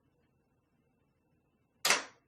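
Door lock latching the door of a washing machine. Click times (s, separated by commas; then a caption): 1.9 s. During a spin cycle test, a washing machine's door lock solenoid engages and latches the door. After a quiet stretch with only faint low background noise, a single sharp, bright click sounds at 1.9 s and fades quickly. The door lock has latched.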